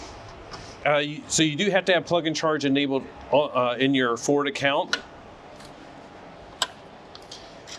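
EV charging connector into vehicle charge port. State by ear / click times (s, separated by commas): seated / 6.6 s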